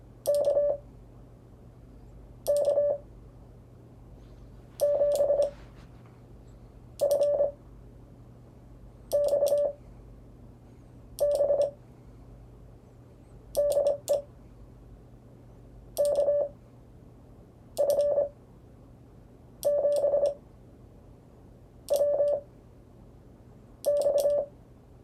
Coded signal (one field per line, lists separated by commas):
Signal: Morse code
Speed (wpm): 24 wpm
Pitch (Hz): 580 Hz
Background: none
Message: KK7FXB DE KF7WX